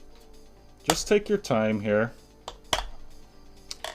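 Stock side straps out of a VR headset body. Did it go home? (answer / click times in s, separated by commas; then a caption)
released / 2.7 s. Someone talks while the stock side straps of an Oculus Quest 2 VR headset are worked loose from the headset body. A sharp click at 2.7 seconds marks the original side straps clicking free, releasing both of them.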